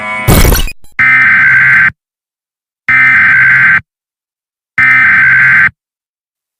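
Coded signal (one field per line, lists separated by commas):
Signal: Emergency Alert System (SAME) tones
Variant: header bursts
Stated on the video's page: Fictional US EAS scenario story.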